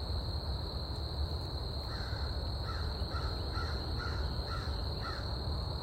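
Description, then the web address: Crow cawing, several short harsh caws over a steady high-pitched hum and constant low rumbling noise. Field recording at Scout Island, 19 April, with crickets. "scoutisland. crickets-crows-bea-eating-leaves-19 april"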